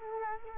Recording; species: mosquito wingbeat signal from an infrared sensor; Culex quinquefasciatus